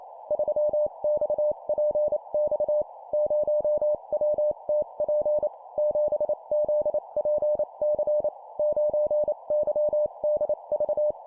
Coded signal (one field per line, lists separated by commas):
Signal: Morse code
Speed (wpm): 28 wpm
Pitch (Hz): 600 Hz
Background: none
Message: 3XPX 0WTP 7ZPC 9YDV